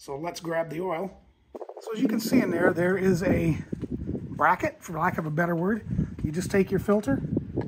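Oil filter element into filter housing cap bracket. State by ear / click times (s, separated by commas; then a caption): not seated / none. Someone talks while handling an oil filter element for an INEOS Grenadier, about to fit it over the bracket inside the oiled filter housing cap. The element has not yet clicked onto the cap bracket or seated. A brief sharp sound near 7.6 s ends the clip.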